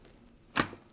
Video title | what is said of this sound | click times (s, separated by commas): Frequently Asked Questions and Tips - i-Companion XL Cooking Food Processor | is close that lid so once the lid is locked into place immediately that icon will disappear | 0.6 s